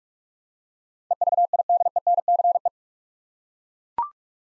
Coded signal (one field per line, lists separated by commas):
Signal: Morse code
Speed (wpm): 42 wpm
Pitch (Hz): 700 Hz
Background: none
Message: EVIDENCE